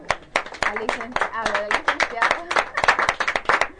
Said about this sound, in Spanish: un aplauso.